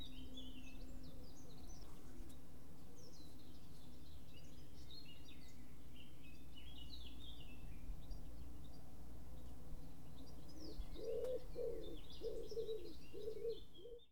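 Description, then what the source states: Birds give scattered high chirps throughout, and a lower repeated call sounds several times near the end, all over a constant low background hum. Outdoor light ambience.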